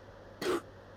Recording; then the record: coughing mixed with background sound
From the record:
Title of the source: 60 coughing still (deep and wet cough)